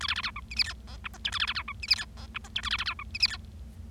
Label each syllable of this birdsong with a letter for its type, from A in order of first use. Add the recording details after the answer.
A B B C D E F G H I J K A B B C D E F G H I J K A B B C D E F G. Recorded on 25 March 2012 at 17:53. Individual gy6or6